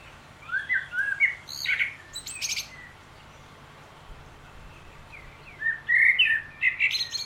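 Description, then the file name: Common blackbird song: low warbled notes rising into scratchy high squeaks, then a quiet gap before another fluted, chuckling phrase returns near the end. "Turdus merula"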